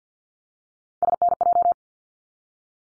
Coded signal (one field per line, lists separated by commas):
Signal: Morse code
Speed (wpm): 50 wpm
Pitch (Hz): 700 Hz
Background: none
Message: SNJ